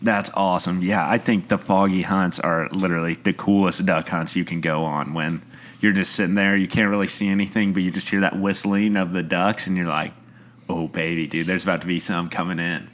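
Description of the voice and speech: An adult man speaks fluently and casually at a relaxed pace with clear, ordinary voice quality.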